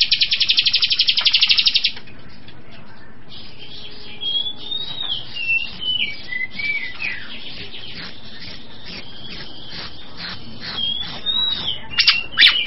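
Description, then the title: Bird song: a burst of loud hiss opens, then clear whistled phrases slurring up and down, with scattered sharp chips and twitters throughout. "SuaraBurung Kicau"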